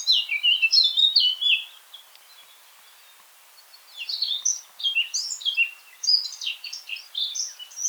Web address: pub SETE data Sylvia atricapilla